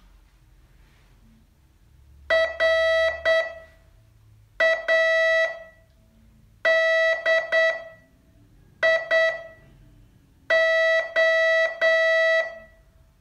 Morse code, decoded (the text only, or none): RADIO